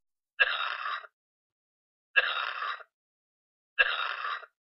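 Three wet, productive coughs, each lasting about two-thirds of a second, imitated by an adult, as heard in children with colds.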